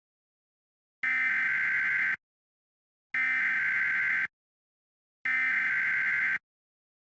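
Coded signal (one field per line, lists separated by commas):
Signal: Emergency Alert System (SAME) tones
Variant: header bursts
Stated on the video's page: Tornado Warning EAS alert.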